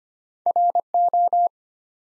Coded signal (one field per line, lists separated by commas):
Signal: Morse code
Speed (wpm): 25 wpm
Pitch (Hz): 700 Hz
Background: none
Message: RO